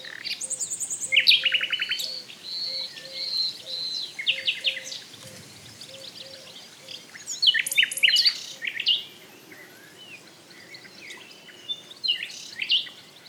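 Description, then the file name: Common nightingale singing varied phrases of rapid repeated notes, pure whistles and sharp buzzy bursts, with a steady low piping note repeated about twice a second underneath during the first half. "Luscinia megarhynchos"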